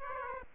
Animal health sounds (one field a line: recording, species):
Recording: mosquito wingbeat signal from an infrared sensor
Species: Aedes aegypti